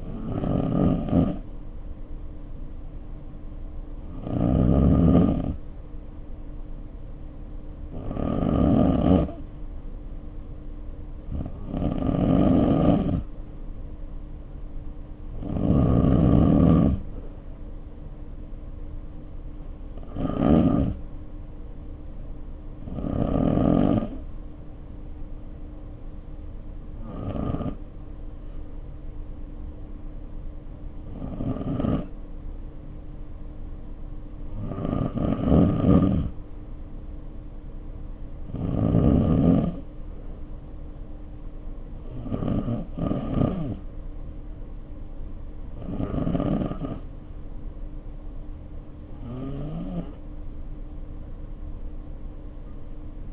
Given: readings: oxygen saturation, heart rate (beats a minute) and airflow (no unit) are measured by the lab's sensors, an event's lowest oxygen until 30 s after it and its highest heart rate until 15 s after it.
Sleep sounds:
breathing in sleep by a smartphone at the bedside; 1
18.00-48.00 s: new sleep stage, N1 (lightest sleep)
31.00-41.70 s: hypopnea (N1, oxygen 94% highest, then 91% lowest, heart rate 53 at the start, 60 highest)
48.00-53.33 s: new sleep stage, REM sleep
From the record:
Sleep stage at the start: N2 (light sleep); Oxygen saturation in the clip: 87 to 95%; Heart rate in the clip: 52 to 60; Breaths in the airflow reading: 16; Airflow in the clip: -2.3 to 2.3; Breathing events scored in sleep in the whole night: 520 in 7.2 hours asleep

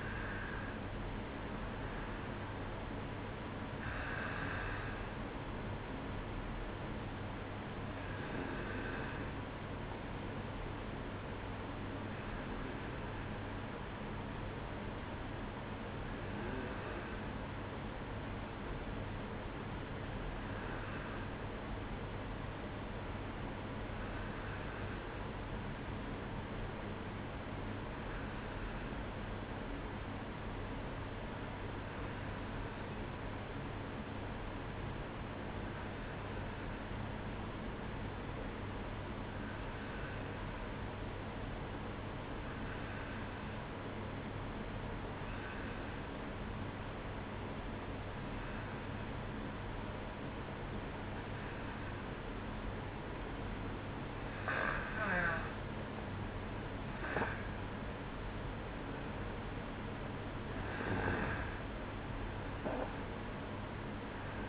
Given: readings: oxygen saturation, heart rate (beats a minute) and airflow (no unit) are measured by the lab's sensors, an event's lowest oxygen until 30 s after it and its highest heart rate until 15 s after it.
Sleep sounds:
breathing in sleep by a voice recorder at the bedside; 1
17.00-47.00 s: new sleep stage, N2 (light sleep)
20.00-57.40 s: hypopnea (N2, oxygen 95% highest, then 91% lowest, heart rate 57 at the start, 62 highest)
47.00-64.49 s: new sleep stage, N1 (lightest sleep)
From the record:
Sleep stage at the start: N1 (lightest sleep); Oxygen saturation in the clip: 91 to 95%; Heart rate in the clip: 57 to 62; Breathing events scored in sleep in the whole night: 305 in 9.6 hours asleep

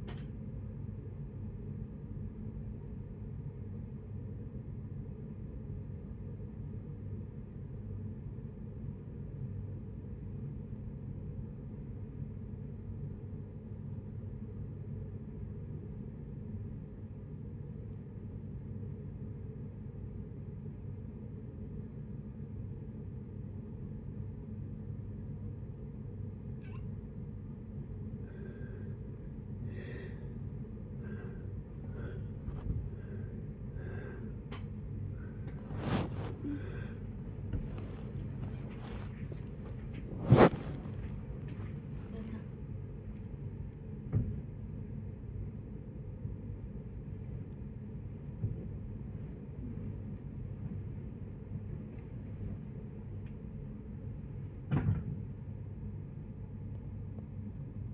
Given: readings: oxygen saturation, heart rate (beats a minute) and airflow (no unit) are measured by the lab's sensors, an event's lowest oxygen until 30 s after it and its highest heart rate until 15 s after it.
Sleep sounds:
breathing in sleep by a smartphone at the bedside; 1
7.00-37.00 s: new sleep stage, N2 (light sleep)
9.00-31.80 s: obstructive apnea (N2, oxygen 96% highest, then 73% lowest, heart rate 61 at the start, 82 highest)
37.00-57.94 s: new sleep stage, N1 (lightest sleep)
From the record:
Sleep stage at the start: N1 (lightest sleep); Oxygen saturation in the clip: 73 to 96%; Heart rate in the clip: 54 to 82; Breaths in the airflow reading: 8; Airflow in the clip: -11.5 to 14.1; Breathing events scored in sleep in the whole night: 496 in 5.4 hours asleep

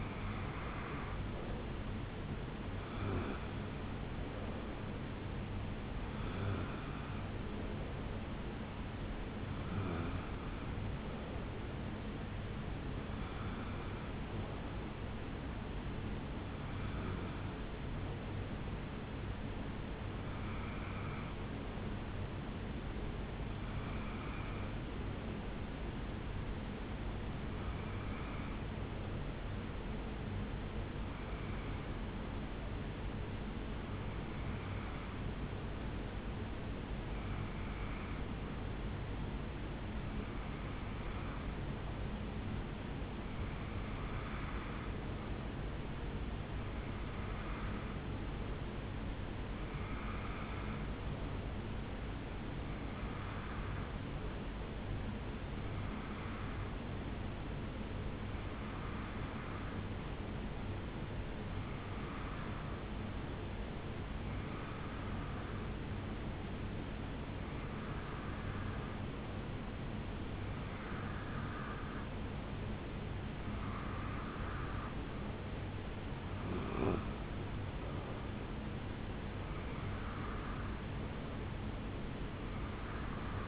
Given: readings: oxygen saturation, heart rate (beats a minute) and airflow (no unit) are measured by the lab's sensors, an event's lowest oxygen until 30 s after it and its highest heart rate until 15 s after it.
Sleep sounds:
breathing in sleep by a voice recorder at the bedside; 1
30.00-73.80 s: hypopnea (REM, oxygen 96% highest, then 92% lowest, heart rate 68 at the start, 77 highest)
78.00-83.48 s: new sleep stage, N1 (lightest sleep)
From the record:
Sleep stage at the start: REM sleep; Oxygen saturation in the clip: 91 to 96%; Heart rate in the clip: 67 to 77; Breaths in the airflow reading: 26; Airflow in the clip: -5.4 to 4.1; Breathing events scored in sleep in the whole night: 449 in 7.0 hours asleep

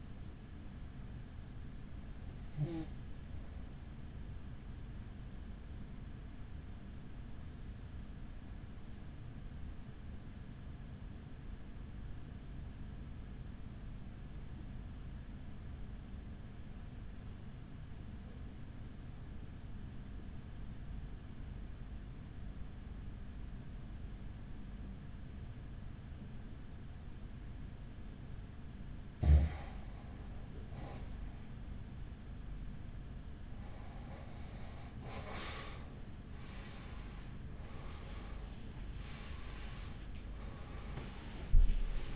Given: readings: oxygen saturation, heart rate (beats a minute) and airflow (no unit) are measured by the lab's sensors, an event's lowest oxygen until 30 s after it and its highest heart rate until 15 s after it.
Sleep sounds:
breathing in sleep by a smartphone at the bedside; 1
8.00-32.70 s: hypopnea (N1, oxygen 95% highest, then 89% lowest, heart rate 44 at the start, 64 highest)
From the record:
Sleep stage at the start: N1 (lightest sleep); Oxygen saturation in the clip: 90 to 95%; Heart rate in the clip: 44 to 63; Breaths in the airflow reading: 6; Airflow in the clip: -9.7 to 9.3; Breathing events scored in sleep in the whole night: 207 in 7.6 hours asleep

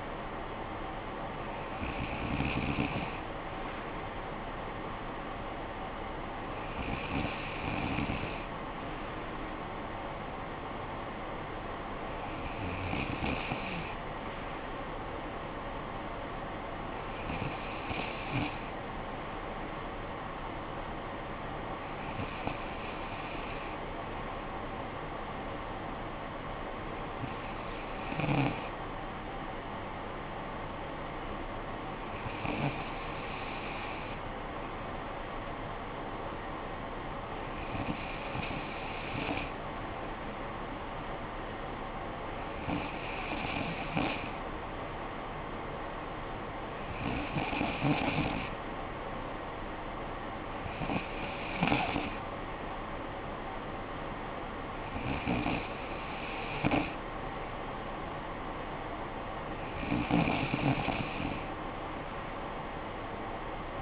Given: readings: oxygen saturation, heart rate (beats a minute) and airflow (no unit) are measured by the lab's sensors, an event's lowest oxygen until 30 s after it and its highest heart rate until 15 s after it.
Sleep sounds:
breathing in sleep by a voice recorder at the bedside; none
18.00-63.81 s: new sleep stage, N2 (light sleep)
From the record:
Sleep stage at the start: N1 (lightest sleep); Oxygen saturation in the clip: 94 to 95%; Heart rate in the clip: 54 to 60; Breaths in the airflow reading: 13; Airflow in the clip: -10.3 to 8.0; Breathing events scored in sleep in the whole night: 445 in 7.6 hours asleep

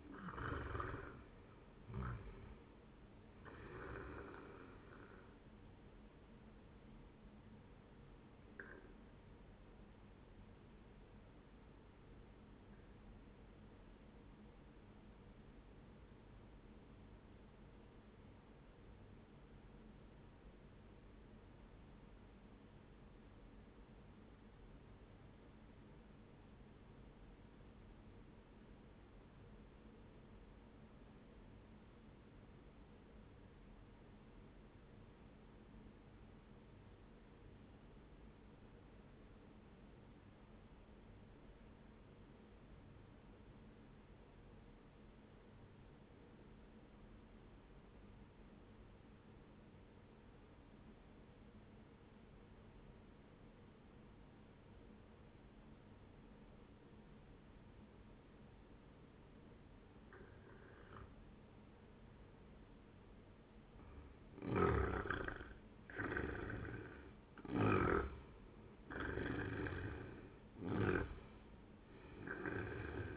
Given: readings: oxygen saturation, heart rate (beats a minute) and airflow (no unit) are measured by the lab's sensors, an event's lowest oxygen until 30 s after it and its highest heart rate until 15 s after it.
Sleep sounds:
breathing in sleep by a voice recorder at the bedside; 1
14.00-64.20 s: obstructive apnea (N1, oxygen 97% highest, then 88% lowest, heart rate 66 at the start, 79 highest)
27.00-57.00 s: new sleep stage, N2 (light sleep)
57.00-73.17 s: new sleep stage, N1 (lightest sleep)
From the record:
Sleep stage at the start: N1 (lightest sleep); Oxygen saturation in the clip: 88 to 97%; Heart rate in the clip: 57 to 79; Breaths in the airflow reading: 5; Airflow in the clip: -12.7 to 18.1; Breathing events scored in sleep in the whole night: 131 in 7.2 hours asleep

